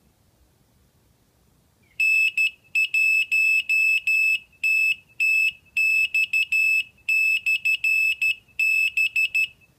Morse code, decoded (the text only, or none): N1TTX/B